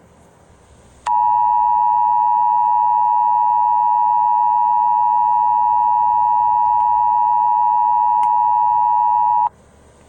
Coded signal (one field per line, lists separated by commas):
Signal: Emergency Alert System (SAME) tones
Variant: 853 and 960 Hz attention tone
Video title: EAS online dater